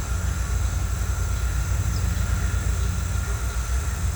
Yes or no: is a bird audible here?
no